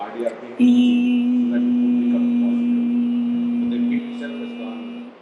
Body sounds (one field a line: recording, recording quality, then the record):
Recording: sustained vowel as in beet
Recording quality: moderate, slight background noise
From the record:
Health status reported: healthy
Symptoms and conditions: none ticked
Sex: male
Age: 30 years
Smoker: not ticked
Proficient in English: yes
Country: India